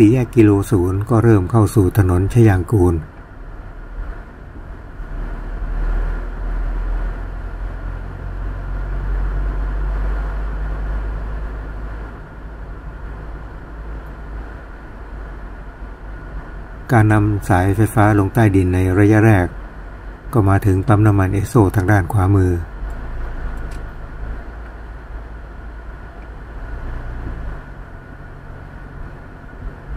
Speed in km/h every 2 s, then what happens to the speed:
31, 29, 29, 33, 37, 41, 42, 42, 40, 35, 32, 31, 30, 28, 32.
4-12 speeds up to 42. 12-25 slows to 28.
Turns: none.